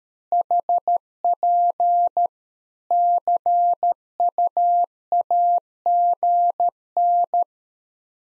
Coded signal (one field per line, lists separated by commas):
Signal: Morse code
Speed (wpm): 13 wpm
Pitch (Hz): 700 Hz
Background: none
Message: HP CUAGN